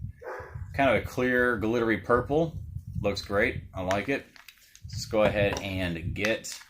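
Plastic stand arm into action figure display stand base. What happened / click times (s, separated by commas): The plastic stand piece is handled but not yet seated; no click is heard / none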